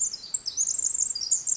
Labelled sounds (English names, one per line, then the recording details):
Pacific Wren
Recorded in Sonoma County, California